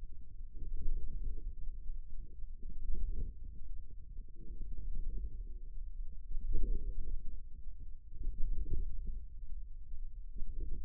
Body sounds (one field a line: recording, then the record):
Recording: forearm muscle sounds (acoustic myography)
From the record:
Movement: wrist flexion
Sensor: system 2, bracelet of six BSWA MPA416 microphones around the upper forearm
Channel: 2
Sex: male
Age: 22 years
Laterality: right